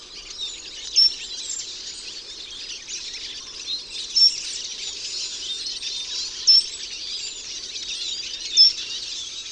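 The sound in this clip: Eurasian siskin calls: steady high-pitched twittering with a short bright chirp breaking through every two to three seconds.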